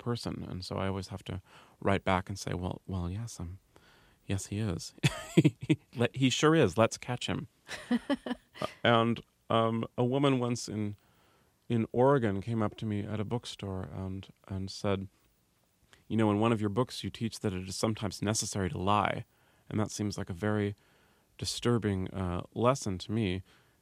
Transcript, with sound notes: And so I always have to write back and say, well, yes. Yes, he is (laughter). He sure is. Let's catch him.
(Laughter).
And a woman once in in Oregon came up to me at a bookstore and said, you know, in one of your books, you teach that it is sometimes necessary to lie. And that seems like a very disturbing lesson to me.